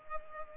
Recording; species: mosquito wingbeat signal from an infrared sensor; Culex pipiens